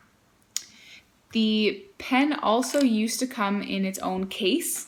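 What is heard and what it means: A spring-loaded ink cartridge holder section is slid back into the body of a Montblanc 147 fountain pen and snaps into place with a single sharp, loud click at 0.6 s. Someone then talks.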